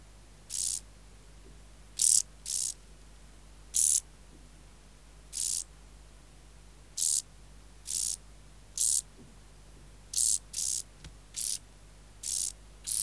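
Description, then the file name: Common field grasshopper song: short, dry, buzzy chirps, each about a quarter second, repeated at irregular intervals over a faint steady hum. "Chorthippus brunneus"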